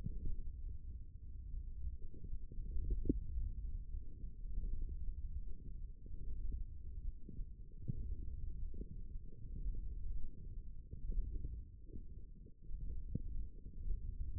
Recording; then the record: forearm muscle sounds (acoustic myography)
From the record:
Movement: hand closing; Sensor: system 1, eight BSWA MPA416 microphones around the upper forearm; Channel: 4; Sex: male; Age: 18 years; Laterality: right